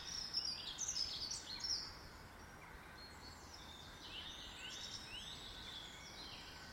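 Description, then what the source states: Birds chirp loudly in a quick flurry of high notes for the first two seconds, then softer twittering continues over quiet background hiss. In a garden.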